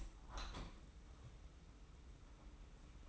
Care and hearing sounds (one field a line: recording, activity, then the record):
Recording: daily activity, microphone in the room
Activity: open window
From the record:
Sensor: 1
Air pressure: 991.2 hPa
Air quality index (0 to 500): 114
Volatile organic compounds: 143 ppm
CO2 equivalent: 3990 ppm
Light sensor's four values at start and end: 37/117/46/48 and 38/117/46/48